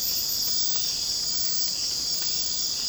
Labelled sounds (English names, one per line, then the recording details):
none
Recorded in secondary vegetation near Puerto Asís, Putumayo, Colombia, on 25 June 2025 at 02:00
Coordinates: 0.484, -76.319
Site G074